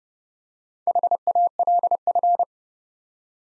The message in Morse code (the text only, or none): HALF